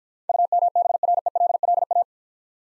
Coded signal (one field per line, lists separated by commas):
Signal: Morse code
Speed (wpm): 49 wpm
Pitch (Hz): 700 Hz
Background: none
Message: UMBRELLA